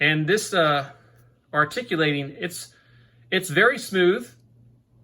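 The hinged head of a Wurkkos HD11 90-degree articulating flashlight is handled on its joint while someone talks, and the movement is very smooth. Nothing has clicked into its detent or locked into position yet.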